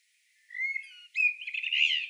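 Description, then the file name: Common blackbird song fragment: a drawn-out mellow whistle, a short pause, then a busier warble climbing into squeakier notes before it cuts off. "Turdus merula"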